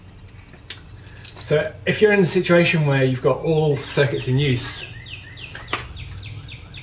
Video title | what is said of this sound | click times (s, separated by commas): Compressor saga continues and cool stuff | it we just clip in and snap it into place um | 0.7 s